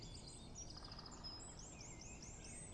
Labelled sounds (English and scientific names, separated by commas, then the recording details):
Great Spotted Woodpecker (Dendrocopos major)
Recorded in Germany
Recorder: ecoPi